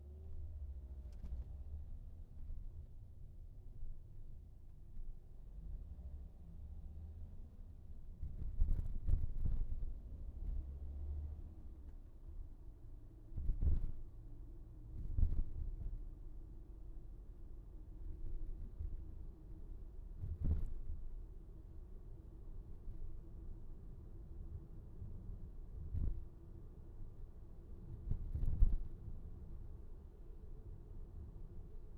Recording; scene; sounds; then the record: everyday scene through a hearing-aid microphone; in a vehicle; engine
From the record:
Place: VW T5 Caravelle, diesel engine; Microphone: behind the ear, right, front